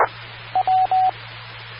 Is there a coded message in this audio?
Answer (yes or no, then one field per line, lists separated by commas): no